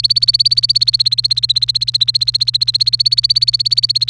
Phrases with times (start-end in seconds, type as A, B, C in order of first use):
0.00-4.10 A